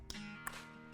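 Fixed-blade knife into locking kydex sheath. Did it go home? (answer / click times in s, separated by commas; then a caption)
yes / 0.1 s. A small MKC Mini Speedgoat 2.0 fixed-blade knife is pushed into its MKC exclusive locking kydex sheath over steady background music. It snaps in with a sharp click at 0.1 s, followed by a softer tick at 0.5 s. The knife is seated and locked in the sheath.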